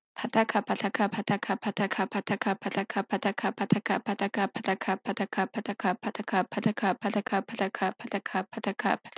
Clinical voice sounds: repeated syllables /pa ta ka/; female; 20 to 29 years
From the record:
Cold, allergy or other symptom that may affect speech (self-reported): no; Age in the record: 24 years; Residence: Colorado, United States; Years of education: 16

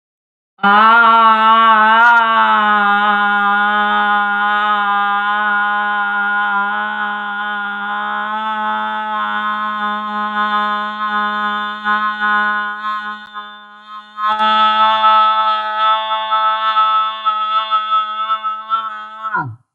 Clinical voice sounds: vowel held as long as possible; female; 70 to 79 years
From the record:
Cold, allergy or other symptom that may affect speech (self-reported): no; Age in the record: 73 years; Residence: Texas, United States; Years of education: 20

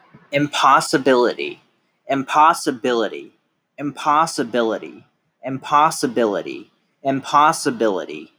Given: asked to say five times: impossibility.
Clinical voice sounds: repeated word; male; 20 to 29 years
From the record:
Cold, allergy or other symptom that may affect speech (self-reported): no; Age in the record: 27 years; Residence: Michigan, United States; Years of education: 14

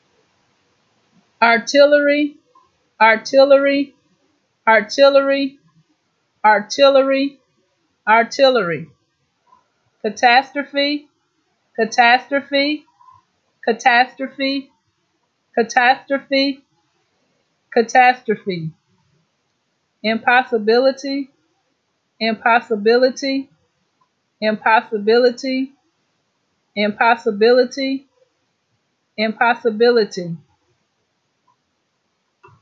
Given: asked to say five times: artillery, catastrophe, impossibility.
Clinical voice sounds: three words, each repeated; female; 50 to 59 years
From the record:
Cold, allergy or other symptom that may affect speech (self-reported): no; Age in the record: 53 years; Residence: North Carolina, United States

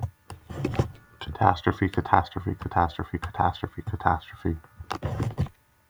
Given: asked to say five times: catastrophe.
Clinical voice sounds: repeated word; male; 20 to 29 years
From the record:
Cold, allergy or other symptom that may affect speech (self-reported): no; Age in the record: 26 years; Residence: United States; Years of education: 16

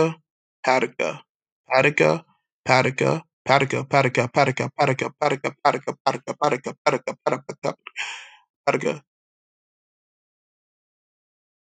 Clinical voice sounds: repeated syllables /pa ta ka/; male; 20 to 29 years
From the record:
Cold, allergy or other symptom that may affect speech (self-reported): no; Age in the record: 27 years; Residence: Ohio, United States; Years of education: 14

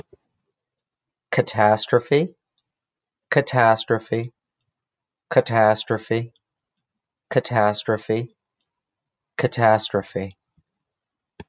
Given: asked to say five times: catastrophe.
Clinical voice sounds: repeated word; male; 30 to 39 years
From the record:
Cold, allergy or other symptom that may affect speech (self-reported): no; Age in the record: 30 years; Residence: Rhode Island, United States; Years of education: 18

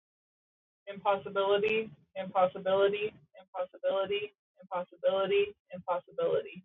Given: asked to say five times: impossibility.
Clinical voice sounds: repeated word; female; 20 to 29 years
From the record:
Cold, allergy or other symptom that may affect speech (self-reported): no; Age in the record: 24 years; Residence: Colorado, United States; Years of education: 13

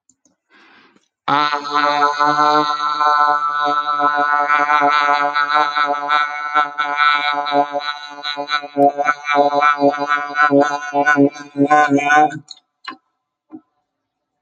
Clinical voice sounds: vowel held as long as possible; male; 40 to 49 years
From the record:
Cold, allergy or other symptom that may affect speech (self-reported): no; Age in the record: 48 years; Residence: Maryland, United States

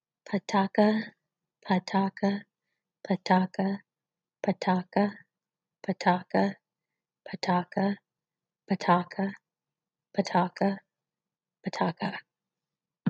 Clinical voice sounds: repeated syllables /pa ta ka/; female; 40 to 49 years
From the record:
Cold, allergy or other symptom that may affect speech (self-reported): no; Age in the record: 41 years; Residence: California, United States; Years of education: 17

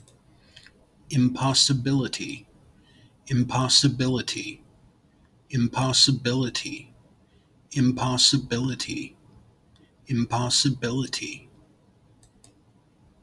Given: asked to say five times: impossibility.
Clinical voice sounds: repeated word; male; 40 to 49 years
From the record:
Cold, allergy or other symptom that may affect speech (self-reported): no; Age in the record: 45 years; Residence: United States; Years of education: 12

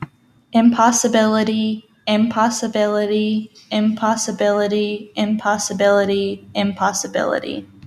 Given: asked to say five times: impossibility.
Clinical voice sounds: repeated word; female; 20 to 29 years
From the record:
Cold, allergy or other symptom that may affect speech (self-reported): no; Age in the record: 21 years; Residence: Arkansas, United States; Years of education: 14

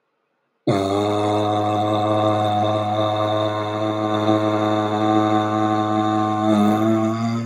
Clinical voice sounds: vowel held as long as possible; male; 30 to 39 years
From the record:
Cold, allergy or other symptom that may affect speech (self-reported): no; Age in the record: 34 years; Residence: Utah, United States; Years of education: 12

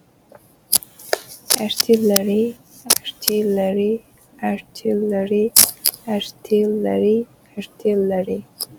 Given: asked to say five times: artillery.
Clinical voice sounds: repeated word; female; 20 to 29 years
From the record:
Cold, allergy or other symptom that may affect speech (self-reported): no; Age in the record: 29 years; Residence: Indiana, United States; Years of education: 16

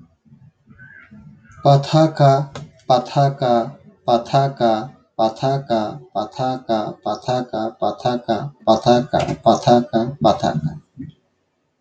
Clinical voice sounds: repeated syllables /pa ta ka/; male; 40 to 49 years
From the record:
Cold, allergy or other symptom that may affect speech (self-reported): no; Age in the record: 45 years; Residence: New York, United States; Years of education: 16

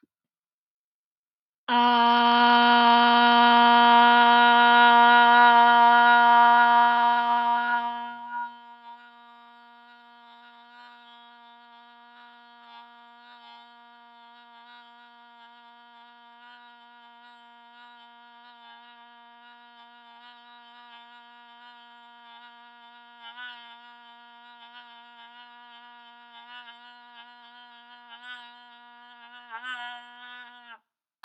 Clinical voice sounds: vowel held as long as possible; female; 20 to 29 years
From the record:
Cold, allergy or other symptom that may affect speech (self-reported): no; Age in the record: 29 years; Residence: Washington, United States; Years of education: 15

